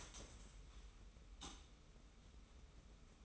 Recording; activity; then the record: daily activity, microphone in the room; stand up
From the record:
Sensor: 1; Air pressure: 994.4 hPa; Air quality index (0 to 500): 222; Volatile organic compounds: 1000 ppm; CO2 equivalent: 7946 ppm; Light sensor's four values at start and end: 120/273/122/133 and 120/272/122/133